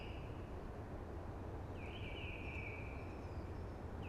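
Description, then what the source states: Eurasian blackbird: a single drawn-out whistled phrase, flat then trailing off, heard over steady hissing wind noise with the start of another phrase at the end. Sings early, amongst hushing conifers.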